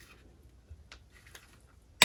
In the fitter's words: And again, all we're waiting for is 35 foot-pounds with that clicking sound.